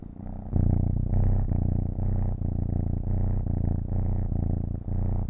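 Cat purring steadily, low rumbling pulses rising and falling with its breathing, starting softly and quickly growing fuller.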